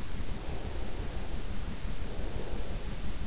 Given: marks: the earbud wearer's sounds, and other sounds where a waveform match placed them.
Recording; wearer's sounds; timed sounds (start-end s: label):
sounds in sleep by an in-ear microphone; breath
0.02-2.94 s: breath